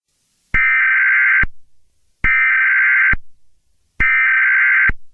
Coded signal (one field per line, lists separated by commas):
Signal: Emergency Alert System (SAME) tones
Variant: header bursts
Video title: EAS Scenario #30: The Sniper Part 2: The American troubles.